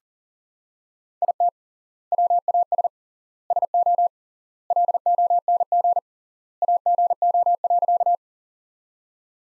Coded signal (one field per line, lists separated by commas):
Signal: Morse code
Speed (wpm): 37 wpm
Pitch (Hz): 700 Hz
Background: none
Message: IT WAS SO LONG AGO.